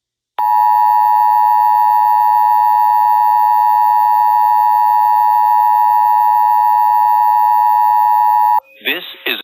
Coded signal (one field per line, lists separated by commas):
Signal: Emergency Alert System (SAME) tones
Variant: 853 and 960 Hz attention tone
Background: speech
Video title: EAS Mock: Tornado Warning Intyrupts 1 episode of news